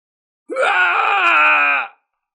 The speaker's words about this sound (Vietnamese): Lão già hóa long biến thứ sáu kia hét thảm một tiếng, đương trường bị mảnh mây đỏ biến thành bãi máu.